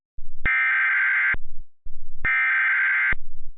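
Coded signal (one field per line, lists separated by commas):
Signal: Emergency Alert System (SAME) tones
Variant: header bursts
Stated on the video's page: Simulated EAS mock about a snow day.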